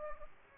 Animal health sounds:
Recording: mosquito wingbeat signal from an infrared sensor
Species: Aedes aegypti

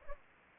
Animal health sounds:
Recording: mosquito wingbeat signal from an infrared sensor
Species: Aedes aegypti

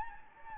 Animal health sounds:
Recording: mosquito wingbeat signal from an infrared sensor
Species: Anopheles gambiae

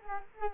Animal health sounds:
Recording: mosquito wingbeat signal from an infrared sensor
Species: Culex quinquefasciatus

